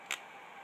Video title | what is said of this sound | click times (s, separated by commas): The Cool Scooterzz 1300 Watt ELECTRIC SCOOTER | clicks into place just | 0.1 s